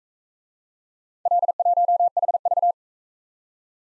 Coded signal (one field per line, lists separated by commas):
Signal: Morse code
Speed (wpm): 44 wpm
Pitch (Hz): 700 Hz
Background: none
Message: L1HV